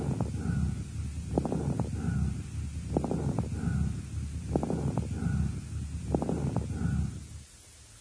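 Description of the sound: About five rapid breath cycles with harsh, hollow, tubular breath sounds and a high-pitched ring between them; a brief voice follows at the end. This is bronchial breathing over the left axillary region, clearly heard on the left, conducted through consolidated lung in lobar pneumonia of the left lower lobe, heard in an adult woman on day 5 of illness at the peak stage.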